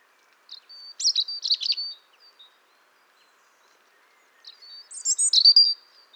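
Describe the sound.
European robin producing two brief phrases of high, thin, warbling notes with a scratchy twitter, separated by a couple of seconds of quiet.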